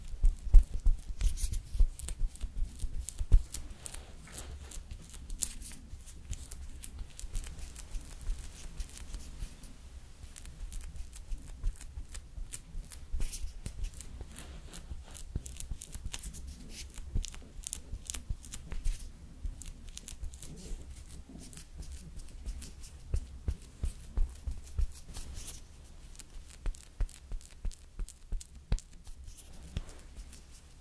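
Slow makeup application with soft brushing and quick dry taps and clicks scattered throughout, over a steady low hum underneath.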